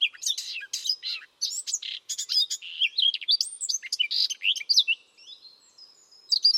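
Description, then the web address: Bird chirping: rapid high twittering notes, some sliding and whistled, crowded together for about five seconds, then thinner and sparser, with a brief burst at the end. "Bird Only"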